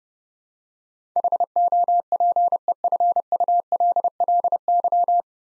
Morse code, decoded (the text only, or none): HOPEFULLY